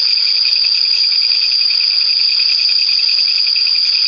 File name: クツワムシ